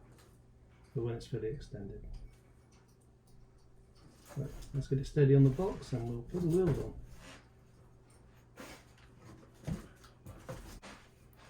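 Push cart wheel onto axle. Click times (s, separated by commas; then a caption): 10.5 s. Someone talks while steadying a golf push cart on its box and pushing its first wheel onto the axle, which has a spring-loaded push-button release. After some handling noise, a sharp click at 10.5 s marks the wheel seating onto the axle.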